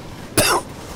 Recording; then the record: coughing mixed with background sound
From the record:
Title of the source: Coughing 79